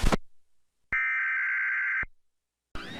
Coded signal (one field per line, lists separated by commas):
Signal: Emergency Alert System (SAME) tones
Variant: header bursts